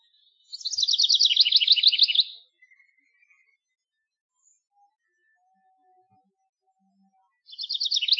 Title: House Wren